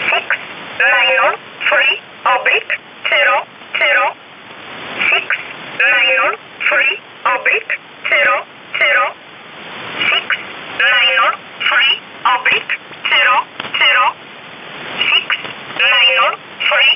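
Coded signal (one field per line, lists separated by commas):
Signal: numbers station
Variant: E11 Oblique, English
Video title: 10 04 2019 E11 Oblique Numbers station in English 1045 on 7317 unknown tx site in USB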